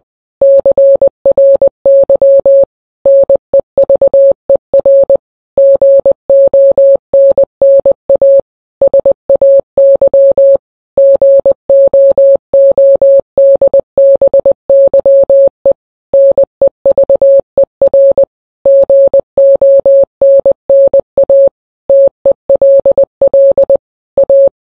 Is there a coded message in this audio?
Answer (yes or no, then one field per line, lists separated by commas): yes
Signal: Morse code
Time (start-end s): 0.4-24.5 s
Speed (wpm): 20 wpm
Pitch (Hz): 550 Hz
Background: none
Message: CRY NEVER GONNA SAY GOODBYE NEVER GONNA TELL A